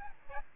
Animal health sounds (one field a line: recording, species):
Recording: mosquito wingbeat signal from an infrared sensor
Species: Aedes albopictus